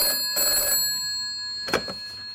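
A telephone rings with a bright, metallic bell tone that holds steady throughout, swelling in short bursts, followed by a brief clunk near the end. No one speaks.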